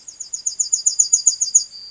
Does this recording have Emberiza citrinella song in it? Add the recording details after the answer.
yes. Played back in grassland. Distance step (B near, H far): C. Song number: 157